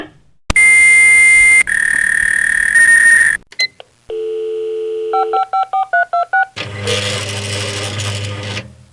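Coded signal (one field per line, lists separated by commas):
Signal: fax machine handshake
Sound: steady high answer tone, buzzy warble, short chirps and beeps, then harsh wideband hiss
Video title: Fax machine sound effect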